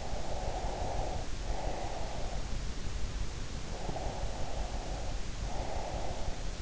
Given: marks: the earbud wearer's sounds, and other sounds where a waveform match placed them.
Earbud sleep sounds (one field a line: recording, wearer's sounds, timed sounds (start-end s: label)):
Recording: sounds in sleep by an in-ear microphone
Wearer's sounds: breath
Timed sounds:
0.00-2.55 s: breath
3.71-6.46 s: breath